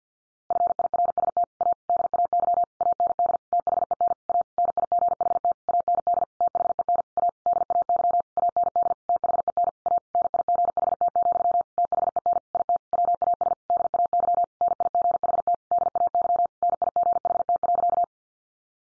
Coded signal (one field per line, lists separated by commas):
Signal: Morse code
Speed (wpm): 50 wpm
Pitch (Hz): 700 Hz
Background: none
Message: FIRST A DAY AND THEN A NIGHT AND THEN A DAY AND THEN A NIGHT, THEN IT WAS DAY NIGHT DAY NIGHT.